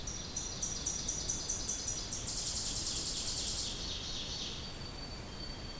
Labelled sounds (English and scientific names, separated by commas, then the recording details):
Ovenbird (Seiurus aurocapilla) song
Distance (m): 60 m
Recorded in boreal forest in Alberta, Canada, on 2 June 2016 at 08:07
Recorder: SongMeter 3, array SBT-3-7
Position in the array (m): 261 m, 13 m
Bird 10